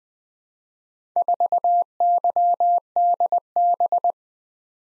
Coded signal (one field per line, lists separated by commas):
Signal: Morse code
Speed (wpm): 20 wpm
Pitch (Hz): 700 Hz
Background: none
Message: 4YDB